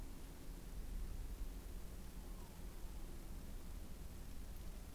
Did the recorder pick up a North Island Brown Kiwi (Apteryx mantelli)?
no